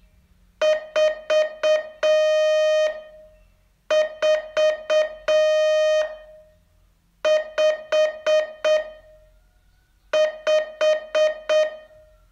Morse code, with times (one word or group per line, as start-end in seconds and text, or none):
0.6-2.9 4
3.9-6.0 4
7.3-8.8 5
10.1-11.7 5